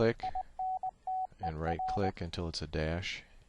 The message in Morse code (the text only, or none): INTER